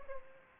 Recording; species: mosquito wingbeat signal from an infrared sensor; Aedes aegypti